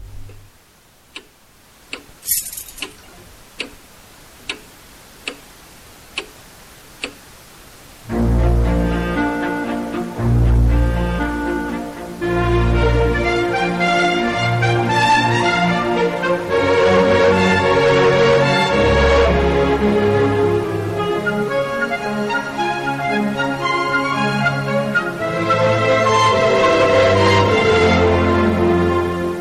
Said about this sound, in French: Vous avez bien sûr tous reconnu la musique de Prokofiev, Pierre et le Loup, qui a été l'un des gros, gros triomphateurs de ce festival.